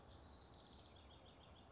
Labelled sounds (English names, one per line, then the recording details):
House Wren
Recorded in Sonoma County, California